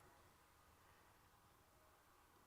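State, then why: Not seated. A replacement jack puck is lifted up into the jack point on the chassis of a BMW G87 M2 and lined up before it is rotated 90 degrees to lock. The stretch is quiet, with only a steady low hum and faint hiss and no hits. Nothing has seated or clicked yet.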